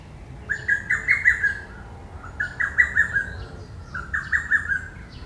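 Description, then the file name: Lesser cuckoo singing three rapid, emphatic phrases of clipped notes, each lasting about a second, with short pauses between. "hototogisu"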